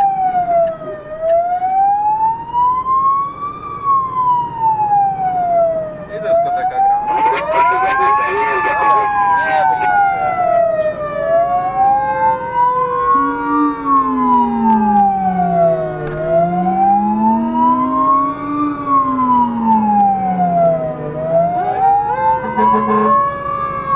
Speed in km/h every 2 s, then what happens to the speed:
30, 33, 39, 42, 49, 51, 53, 54, 59, 61, 66, 69.
0-11 speeds up to 53. 15-24 speeds up to 69.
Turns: none.